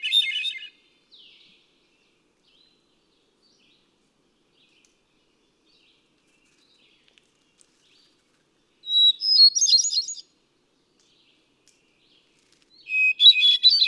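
Hermit thrush song: three phrases separated by long silences, the later two each opening with a whistled note that breaks into quick fluty trills.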